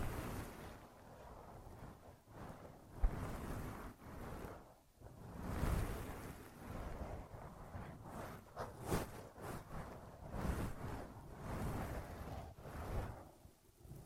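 An ear massage and cleaning, heard as rough rubbing and rustling that swells and fades in uneven waves, with short quiet gaps near two, five and fourteen seconds. A sharp tap lands around three seconds, and a dull low rumble runs beneath throughout.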